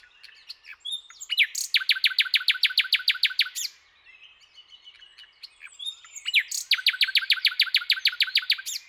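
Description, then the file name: Common nightingale song built on two long runs of rapid, loud repeated notes, with soft, scattered chirps between them. "Luscinia megarhynchos"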